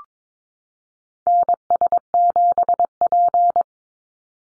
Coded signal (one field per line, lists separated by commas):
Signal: Morse code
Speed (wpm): 22 wpm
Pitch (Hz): 700 Hz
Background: none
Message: NS7P